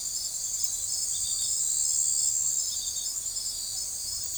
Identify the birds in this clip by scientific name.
none